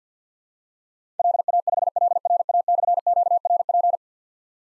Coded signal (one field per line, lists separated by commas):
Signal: Morse code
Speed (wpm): 49 wpm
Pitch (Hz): 700 Hz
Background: none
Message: LA5LRA/QRP